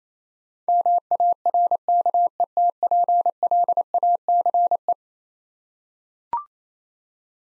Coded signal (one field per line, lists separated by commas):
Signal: Morse code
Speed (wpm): 28 wpm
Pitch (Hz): 700 Hz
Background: none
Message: MARKETPLACE